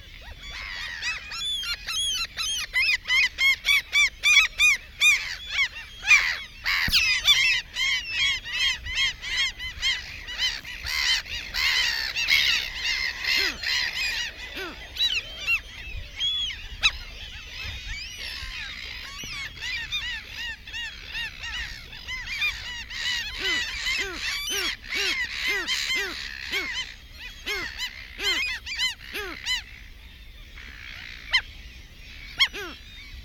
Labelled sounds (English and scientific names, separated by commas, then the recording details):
Mediterranean Gull (Ichthyaetus melanocephalus) call
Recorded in the wild
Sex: female
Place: Langenwerder, Mecklenburg-Vorpommern, DE
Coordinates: 54.027, 11.493
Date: 1969-06-08
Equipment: Nagra III BH, 2 Sennheiser MD 421, Kabel
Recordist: Schubert, Michael